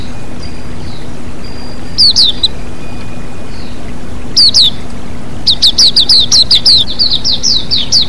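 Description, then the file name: White-eye chirps in high, thin bursts of sharply falling notes, sparse at first and then a rapid run near the end, over a steady rush of flowing water. With flowing water, for bird therapy. "terapi air mengalir burung pleci"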